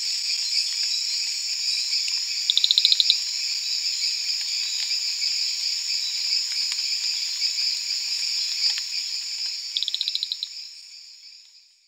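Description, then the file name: Marbled rain frog calling twice, each a rapid string of short, high, clicking chirps, about seven seconds apart, against a constant buzzing insect chorus that fades at the end. "Eleutherodactylus marmoratus"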